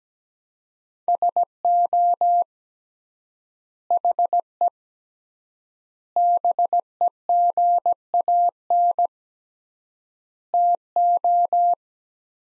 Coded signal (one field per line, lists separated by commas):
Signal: Morse code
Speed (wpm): 17 wpm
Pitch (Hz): 700 Hz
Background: none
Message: SO HE BEGAN TO